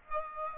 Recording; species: mosquito wingbeat signal from an infrared sensor; Aedes aegypti